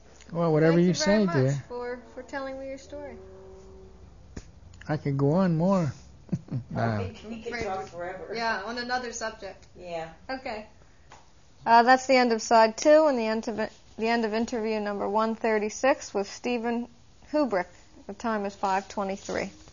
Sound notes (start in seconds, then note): 5.9 someone speaks off-mike; 6.2 he laughs